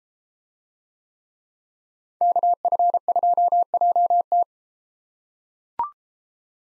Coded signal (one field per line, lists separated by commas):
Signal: Morse code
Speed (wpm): 33 wpm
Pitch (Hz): 700 Hz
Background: none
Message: KF2JT